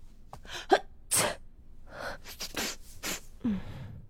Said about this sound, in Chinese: 刚从一个副本里出来的傅文生打了个喷嚏，他摸摸鼻子，看向自己的队友。